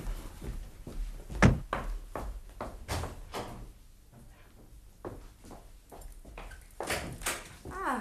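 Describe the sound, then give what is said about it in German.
A front door is opened to let in an arriving police inspector: a loud thud of the latch and handle, followed by scattered clicks, creaks and shuffling footsteps over a quiet background. “Ich mache ihm schnell auf.”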